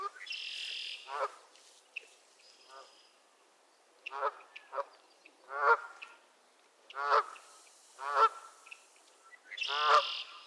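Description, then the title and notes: Goose: geese honking in scattered harsh bursts, a few calls at a time with short quiet gaps, ending in a louder cluster of honks. Squabbling geese at Miner's Marsh, Annapolis Valley, Nova Scotia. "Theraphonia - Geese at Miner's Marsh. Geese squabbles at Miner's Marsh, Annapolis Valley, Nova Scotia"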